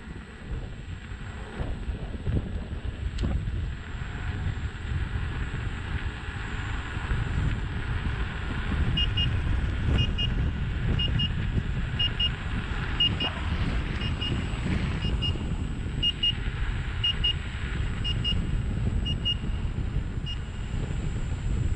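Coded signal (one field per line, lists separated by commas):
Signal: alarm pattern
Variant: Gotway first-class alarm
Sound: high beeps in pairs, two per second, repeating for about 11 seconds over wind rumble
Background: wind and road noise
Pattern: 2 short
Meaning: The rider has reached the first-class alarm speed of about 30 km/h; it is a speed notice, not a cut-out warning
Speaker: it doesn't mean anything bad is about to happen it just tells you how fast you're going it just tells you hey you're doing this speed first class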